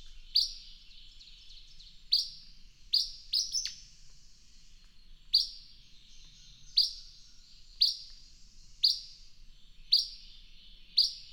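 Bird song: a long series of crisp high chirps, each trailing off, spaced about a second apart with a brief cluster of quick notes early on.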